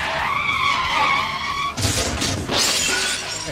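Car tires skid with a loud, wavering high-pitched squeal for under two seconds, then give way to two harsh, noisy bursts like a crash with shattering debris.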